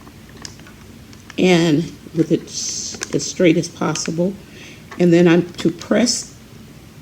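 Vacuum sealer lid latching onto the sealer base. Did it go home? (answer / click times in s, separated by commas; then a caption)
no / none. A bag is laid flat across the sealing strip of a Koios vacuum sealer while its plastic lid is closed over it and about to be pressed down onto the base. Someone talks throughout, with a few faint handling taps near the start. The lid has not yet latched, and nothing has clicked into place.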